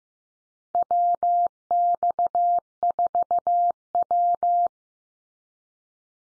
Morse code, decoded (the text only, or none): WX4W